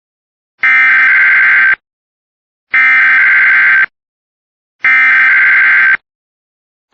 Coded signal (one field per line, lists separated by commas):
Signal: Emergency Alert System (SAME) tones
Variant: header bursts